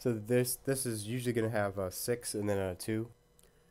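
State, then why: Seated. Someone talks while lining up the 8-pin plastic PCIe power plug from the power supply with the graphics card's power socket. After the talking stops, the plug is pushed in and its latch clicks in with a short, faint click at 3.4 s, seating the connector.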